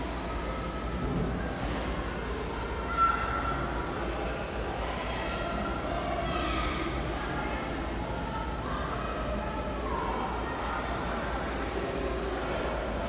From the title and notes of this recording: ASMR Mall Ambience (faint talking and music).